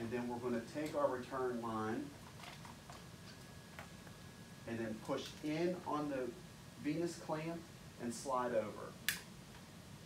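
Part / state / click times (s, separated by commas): return line tubing into venous clamp / seated / 9.1 s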